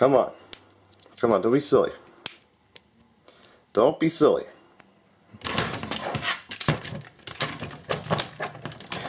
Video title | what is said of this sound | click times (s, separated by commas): MasterPiece ThunderCracker | The fact that it doesn't, like the torso won't lock into place at all. | none